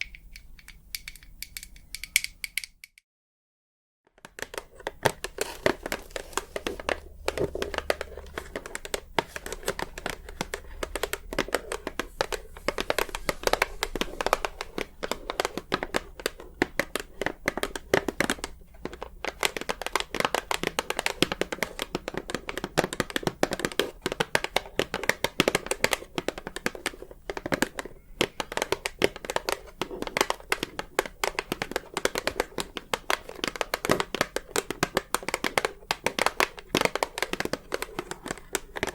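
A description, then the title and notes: Long nails tap rapidly and continuously on hard surfaces, with dense, crisp clicks and occasional scraping or crinkling textures. A brief silence falls around three to four seconds in, then the tapping resumes at a steady, busy pace. ASMR 100% Tapping for the BEST Sleep ~ with long nails, no talking.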